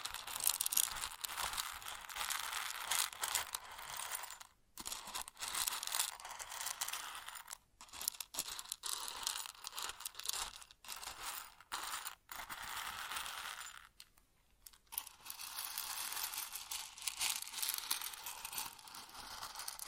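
Grain shifts and pours in a dense, hissing rustle, bright and high with little low end. The flow runs almost continuously but breaks into brief silences, notably near 4.5, 7.5 and 14–15 seconds, before the crinkly pouring resumes.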